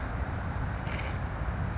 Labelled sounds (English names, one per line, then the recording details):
California Towhee
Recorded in Sonoma County, California